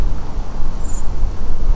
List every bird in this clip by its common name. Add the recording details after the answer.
Common Blackbird. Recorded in France